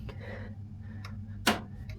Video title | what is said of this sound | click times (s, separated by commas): Survival Guide for Germany 🇩🇪 (Toilet, Washing Machine, Microwave/Oven, Bus, Online Shopping) | lock हो गया है। | 1.5 s